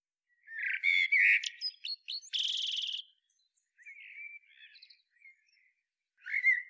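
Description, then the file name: Common blackbird delivering fluted whistles and a buzzy high twitter, followed by a long gap with soft quiet warbling, then a fresh loud whistled note at the end. "Turdus merula"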